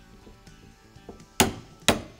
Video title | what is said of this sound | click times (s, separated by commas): Tech Tip: How To Install the SOLGW M89 Handguard | now we'll just torque it down until we hear that click there | 1.4 s, 1.9 s